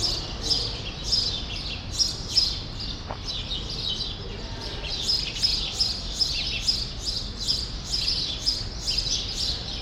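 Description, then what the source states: Sparrows in a lively chorus of repeated short chirps that grows denser in the second half, with a low background drone. Group of sparrows in a small remnant of a once-large grove, Rue Saint-Jean Népomucène, Brussels, Belgium; recorded with Earsight V2 AB microphones into a Zoom F3.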